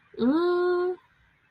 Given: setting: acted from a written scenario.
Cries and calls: vocal sound without words; neutral

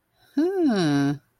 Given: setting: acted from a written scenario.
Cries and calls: vocal sound without words; romantic love

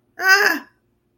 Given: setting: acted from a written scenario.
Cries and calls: vocal sound without words; fear

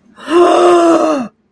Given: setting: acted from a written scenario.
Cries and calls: vocal sound without words; awe

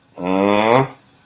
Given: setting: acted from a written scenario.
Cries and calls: vocal sound without words; confusion

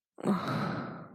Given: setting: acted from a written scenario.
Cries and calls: vocal sound without words; contempt

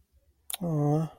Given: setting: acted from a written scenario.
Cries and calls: vocal sound without words; romantic love

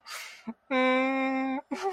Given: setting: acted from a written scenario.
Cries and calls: vocal sound without words; sadness

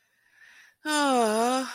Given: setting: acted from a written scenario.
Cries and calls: vocal sound without words; distress

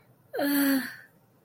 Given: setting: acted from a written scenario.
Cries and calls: vocal sound without words; romantic love

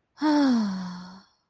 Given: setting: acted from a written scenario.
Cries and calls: vocal sound without words; serenity

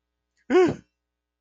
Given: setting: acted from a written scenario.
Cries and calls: vocal sound without words; fear

